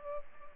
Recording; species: mosquito wingbeat signal from an infrared sensor; Culex pipiens